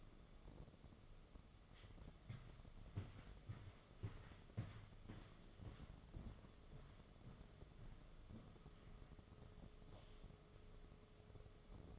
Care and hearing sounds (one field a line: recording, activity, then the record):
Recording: daily activity, microphone in the room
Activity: walk to room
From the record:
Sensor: 4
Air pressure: 1011.2 hPa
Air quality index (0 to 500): 132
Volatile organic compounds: 3 ppm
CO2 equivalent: 1356 ppm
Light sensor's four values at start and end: 209/541/232/242 and 211/546/234/244